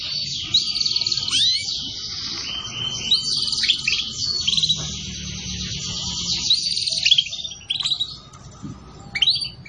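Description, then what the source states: Atlantic canary song, long unbroken rolling trills and twittering high notes, ending in a few separate chirps. Song used as a lure to attract birds.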